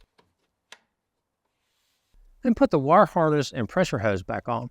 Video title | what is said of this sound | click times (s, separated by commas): How To Replace A Kenmore Washer Pressure Switch Replacement WPW10268911 | after you've done that install a new Switch and twist it until it locks in place | 0.7 s